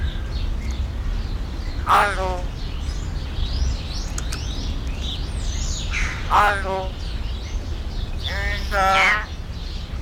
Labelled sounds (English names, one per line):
Common Hill Myna